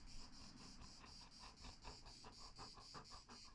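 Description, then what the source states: Golden Retriever panting: quick, rhythmic breathy puffs, with steady high cricket chirps behind. Farm dog asking to be petted, on an old organic farm in the south.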